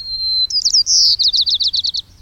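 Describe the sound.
White-crowned sparrow song: a long pure whistle, then slurred chirps, a loud buzzy note and a rapid series of short trill notes, clear and high-pitched.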